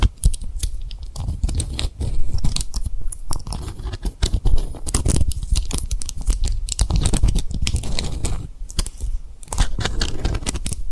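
Tapping and rubbing on rhinestone-covered triggers makes a dense, continuous stream of crisp clicks and gritty scratching with a crunchy, chewing-like texture. The taps come quickly and irregularly throughout, over a soft low rumble, with brief quieter gaps around two, four and nine seconds.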